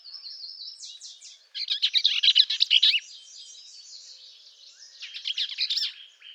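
Bell's vireo delivering fast, jumbled, buzzy chatter phrases, one loud burst and a softer one, linked by faint high twitters.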